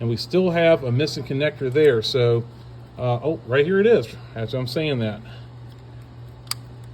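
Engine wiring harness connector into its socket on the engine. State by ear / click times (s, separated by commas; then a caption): seated / 6.5 s. Someone talks while working on the V6 engine of a 2004 Toyota Sienna, searching for a missing wiring harness connector and then finding it. At 6.5 s the engine wiring harness connector is pushed onto its socket on the engine and seats with a single sharp click, fitting in just like that.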